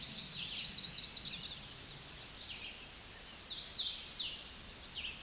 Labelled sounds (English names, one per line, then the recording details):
Hooded Warbler song
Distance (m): 35 m
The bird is about 10 m above the microphone
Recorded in a Pennsylvania forest on 16 May 2024 at 08:57
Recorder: AudioMoth, point MSD-1482
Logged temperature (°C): 15.6 °C
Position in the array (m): 145 m, 138 m